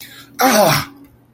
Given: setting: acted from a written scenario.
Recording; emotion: vocal sound without words; triumph